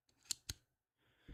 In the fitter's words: just like that, you get that nice little audible click if you hear this.